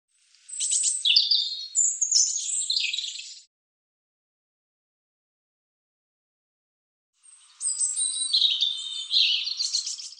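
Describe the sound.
European robin song: two rich phrases of high, fast, varied warbles and thin whistles, each about three seconds, with a silent pause of several seconds between them.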